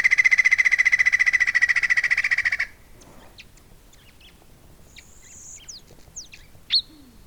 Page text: Joseph Tobias and Nathalie Seddon - Андский шилоклювый дятел (Colaptes rupicola)